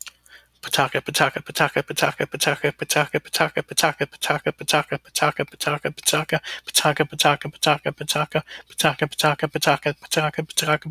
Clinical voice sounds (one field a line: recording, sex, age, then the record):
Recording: repeated syllables /pa ta ka/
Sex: male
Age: 40 to 49 years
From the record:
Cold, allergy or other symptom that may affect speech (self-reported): no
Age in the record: 42 years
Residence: California, United States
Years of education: 16